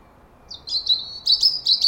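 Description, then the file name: European robin song phrase: thin high notes starting after half a second, a few quick twittering elements, brief and clear over a quiet background. "Erithacus rubecula"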